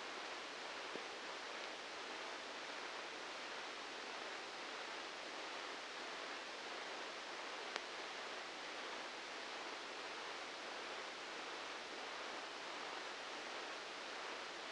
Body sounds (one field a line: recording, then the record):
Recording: brain microelectrode recording played as sound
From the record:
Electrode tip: outside the subthalamic nucleus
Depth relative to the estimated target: -4 mm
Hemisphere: left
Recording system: NeuroSet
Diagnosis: Parkinson's disease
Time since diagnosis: 19 years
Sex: female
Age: 69 years